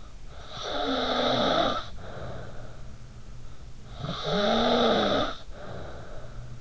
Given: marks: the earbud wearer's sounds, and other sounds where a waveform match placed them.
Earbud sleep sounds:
sounds in sleep by an in-ear microphone; snoring breath
0.30-3.22 s: snoring breath
3.65-6.61 s: snoring breath

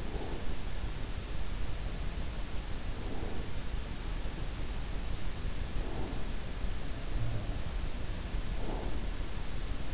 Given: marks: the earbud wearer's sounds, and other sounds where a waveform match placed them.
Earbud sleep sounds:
sounds in sleep by an in-ear microphone; breath
0.00-0.64 s: breath
2.93-3.71 s: breath
5.46-6.30 s: breath
7.04-7.75 s: breath
8.53-9.24 s: breath

